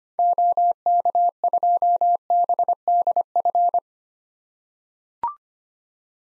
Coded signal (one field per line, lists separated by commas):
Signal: Morse code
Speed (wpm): 25 wpm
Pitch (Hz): 700 Hz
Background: none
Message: OK2BDF